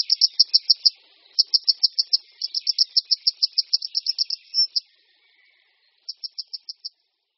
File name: Konipas-horský